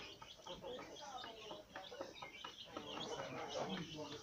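A flock of poultry clucks and chatters nonstop, overlapping short calls forming a busy, steady din that grows slightly louder toward the end.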